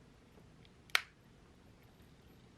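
The two plastic shell halves of a repaired Pokémon Pocket Pikachu handheld virtual pet toy are pressed together to close it up. A faint tick comes just before a single sharp snap at 0.95 s, and then the clip is quiet. The case halves snap shut and are seated.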